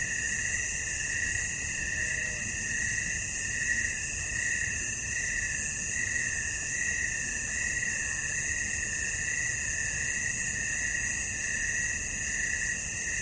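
Cricket: a bright continuous trill with a gentle rhythmic pulsing over low hiss.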